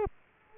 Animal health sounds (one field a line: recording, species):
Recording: mosquito wingbeat signal from an infrared sensor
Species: Culex quinquefasciatus